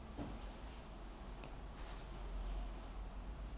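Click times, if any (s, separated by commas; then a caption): none. A new PGA CPU is placed and pressed by hand onto the motherboard's converted socket pads before its pins are soldered, rather than being mounted with BGA heat, which the CPU might not tolerate. Over a steady low background rumble, there are faint handling rustles and one brief, sharp tick at about 1.4 s. The CPU has not seated yet.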